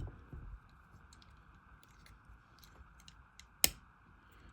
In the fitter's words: There we go. Snap in place.